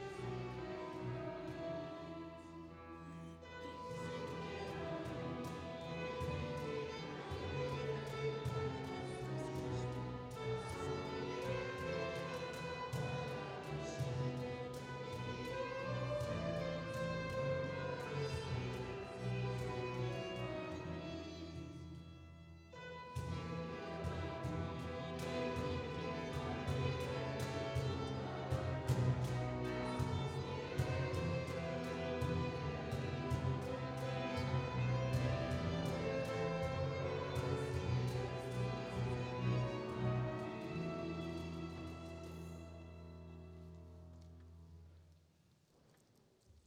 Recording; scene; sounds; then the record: everyday scene through a hearing-aid microphone; reverberant space; music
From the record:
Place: church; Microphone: in the ear canal, right